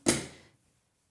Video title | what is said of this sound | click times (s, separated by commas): Episode 2: Using your Backcountry Skiing Gear - Salomon How To | facendo cliccare il perno nei piccoli fori nella parte laterale del mio | 0.1 s